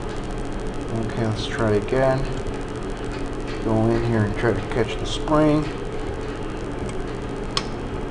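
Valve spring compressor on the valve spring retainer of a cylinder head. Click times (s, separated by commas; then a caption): 7.6 s. A valve spring compressor is fitted onto the valve spring retainer of a cylinder head on a second try, with the jaw placed to catch the valve spring and retainer. Someone talks over a steady background hum, then a single sharp snap at 7.6 s marks the compressor seating right on the spring.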